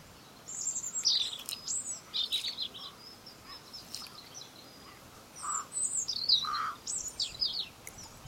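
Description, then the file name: European robin singing high, scratchy twittering phrases in two bursts separated by a pause, with a couple of lower notes in the second burst. "Erithacus rubecula"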